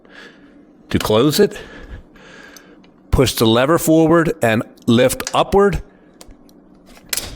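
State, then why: Seated. The folding frame hinge latch of an electric trike snaps into place as the frame is swung closed and the hinge lever is pushed forward and lifted. Someone talks over faint background sounds and small handling ticks, then a loud, sharp metal snap is heard at 7.1 seconds as the latch seats.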